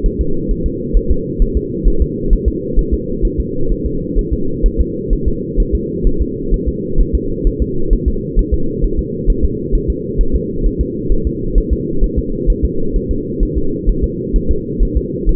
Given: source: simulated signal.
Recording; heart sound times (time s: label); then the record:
fetal heart sounds
0.06 s: S1
0.21 s: S2
0.51 s: S1
0.66 s: S2
0.97 s: S1
1.11 s: S2
1.42 s: S1
1.57 s: S2
1.88 s: S1
2.02 s: S2
2.33 s: S1
2.48 s: S2
2.79 s: S1
2.94 s: S2
3.25 s: S1
3.40 s: S2
3.72 s: S1
3.86 s: S2
4.19 s: S1
4.33 s: S2
4.66 s: S1
4.81 s: S2
5.13 s: S1
5.28 s: S2
5.60 s: S1
5.75 s: S2
6.07 s: S1
6.22 s: S2
6.54 s: S1
6.69 s: S2
7.00 s: S1
7.15 s: S2
7.47 s: S1
7.62 s: S2
7.93 s: S1
8.08 s: S2
8.39 s: S1
8.54 s: S2
8.84 s: S1
8.99 s: S2
9.30 s: S1
9.45 s: S2
9.75 s: S1
9.90 s: S2
10.21 s: S1
10.35 s: S2
10.66 s: S1
10.81 s: S2
11.12 s: S1
11.27 s: S2
11.58 s: S1
11.73 s: S2
12.04 s: S1
12.19 s: S2
12.50 s: S1
12.65 s: S2
12.96 s: S1
13.11 s: S2
13.43 s: S1
13.57 s: S2
13.90 s: S1
14.04 s: S2
14.36 s: S1
14.51 s: S2
14.83 s: S1
14.97 s: S2
15.29 s: S1
From the record:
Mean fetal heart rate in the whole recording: 130 bpm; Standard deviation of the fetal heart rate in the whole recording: 2 bpm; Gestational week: 38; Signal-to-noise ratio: -8.1 dB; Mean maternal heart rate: 72 bpm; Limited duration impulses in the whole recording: absent